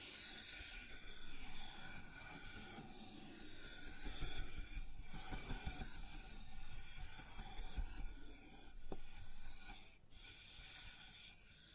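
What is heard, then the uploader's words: Sounds on a wooden surface: steady rubbing and rasping scrapes with a constant hiss, louder around four to six seconds, one sharp tick near nine. ASMR Sounds on Wooden Surface (No Talking).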